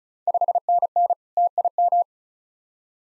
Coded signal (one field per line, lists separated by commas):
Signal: Morse code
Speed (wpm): 36 wpm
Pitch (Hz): 700 Hz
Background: none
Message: 5NN TIM